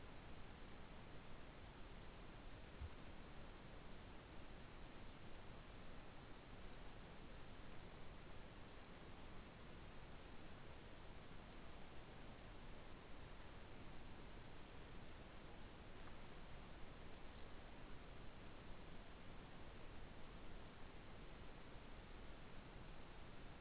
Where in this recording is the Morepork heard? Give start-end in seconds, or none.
none